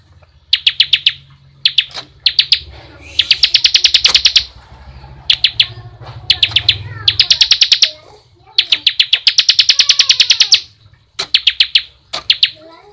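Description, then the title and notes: Bar-winged prinia song: bursts of rapid, high, buzzy repeated notes separated by short pauses, with faint lower wavering whistles and a low hum underneath. Continuous rapid 'ngebren' song style, used as a tutor recording for training white-rumped shamas. "Suara burung ciblek - Suara Nada"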